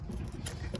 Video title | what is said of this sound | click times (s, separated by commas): How to Install Flex Fuel Kit on q50/q60/Z | just slide it right on, hear the click, and give it a pull. All good. | 0.5 s, 0.8 s